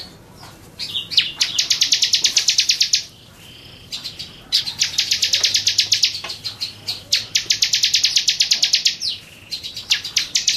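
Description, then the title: Bar-winged prinia song: several bursts of rapid, high, ticking trills, each lasting about two seconds and separated by short pauses, with brief chirps in between. "Suara Burung Ciblek"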